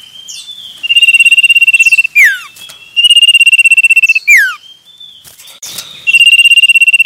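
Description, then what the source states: Common iora song: long buzzy trills held steady at one pitch, three in all, the first two each ending in a sharp falling note. Male.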